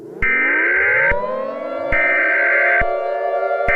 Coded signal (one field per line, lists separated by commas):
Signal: Emergency Alert System (SAME) tones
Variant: header bursts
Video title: (EAS Scenario #3) The Universe turns upside down - Remastered